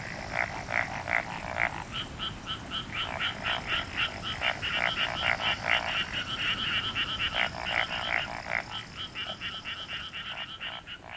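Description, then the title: Frogs calling in a busy chorus, rapid rattling croaks overlapping continuously and building in the middle before thinning slightly toward the end. "Summer Japan, Hokkaido. Night Paddy's frogs. 夜の水田のカエル"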